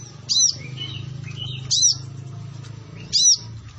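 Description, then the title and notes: Sunbird giving three high, sharp chirps over a steady low hum. Indonesian training (masteran) song of a Kolibri Ninja singing energetically (gacor), with full fills (isian) and 'tembakan' bursts; meant as a lure for other birds. "MASTERAN KOLIBRI NINJA TERBAIK FULL ISIAN DAN TEMBAKAN MEWAH COCOK BUAT PANCINGAN. Suara Burung Kolibri Ninja Gacor"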